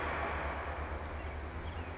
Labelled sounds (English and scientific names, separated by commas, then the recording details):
California Towhee (Melozone crissalis)
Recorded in Sonoma County, California